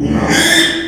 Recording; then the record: squeal of a Yucatan mini pig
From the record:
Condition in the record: after surgery on the right vocal fold (resection and tissue-engineered implant); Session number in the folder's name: 3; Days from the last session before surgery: 33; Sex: male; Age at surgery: 12 weeks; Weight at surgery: 13 kg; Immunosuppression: cyclosporine, prednisolone